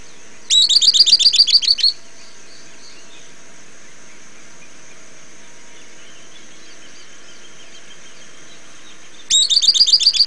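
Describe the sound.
Bird calling with a quick run of several high, sharp chirped notes, a long pause with only a faint steady high hum, then another rapid chirping burst.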